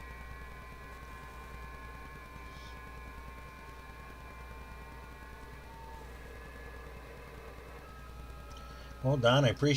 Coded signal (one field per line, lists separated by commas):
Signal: FT8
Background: speech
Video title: FT8 Digital & rag chew